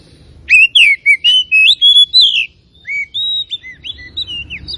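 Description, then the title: Oriental magpie-robin singing a fast series of loud, clear whistled phrases, slurred up and down, with thin high squeaks mixed in and softer notes trailing off. Tretes variety, singing vigorously (gacor). "Kacer Tretes"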